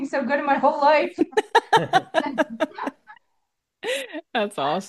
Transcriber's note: laughs